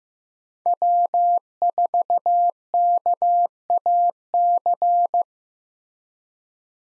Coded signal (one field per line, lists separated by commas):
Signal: Morse code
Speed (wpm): 15 wpm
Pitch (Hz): 700 Hz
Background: none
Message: W4KAC